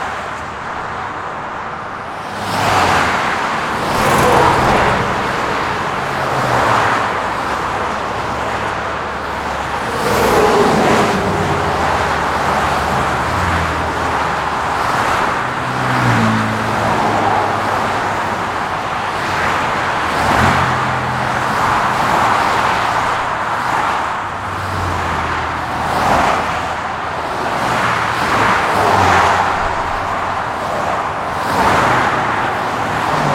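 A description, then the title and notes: Highway traffic rushes past in a steady, dense stream, with a loud whoosh from a passing vehicle every few seconds. Low engine and tire rumble shifts in pitch as cars approach and pass, over a constant hiss of road noise. Smooth Sound of the Highway.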